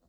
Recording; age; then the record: pig call; piglet (1 to 25 days)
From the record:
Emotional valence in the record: positive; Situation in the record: reunion after long isolation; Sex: female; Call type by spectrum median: low-frequency call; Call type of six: low-frequency stable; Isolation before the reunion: 8 minutes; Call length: 0.09 s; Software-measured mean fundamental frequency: 42 Hz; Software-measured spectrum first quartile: 169 Hz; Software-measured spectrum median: 534 Hz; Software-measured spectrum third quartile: 2217 Hz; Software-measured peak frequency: 67 Hz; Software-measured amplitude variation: 42 dB a second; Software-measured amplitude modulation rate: 5.7 a second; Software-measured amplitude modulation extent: 7.4 dB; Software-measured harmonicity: 5.9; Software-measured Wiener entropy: -2.28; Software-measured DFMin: 1364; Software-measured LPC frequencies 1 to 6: 571, 4268, 5514, 6650, 7285, 8068 Hz